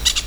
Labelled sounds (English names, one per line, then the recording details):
Brown-throated Parakeet contact call
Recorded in Venezuela
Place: Hato Matapalo, Bolívar
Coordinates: 7.356, -61.542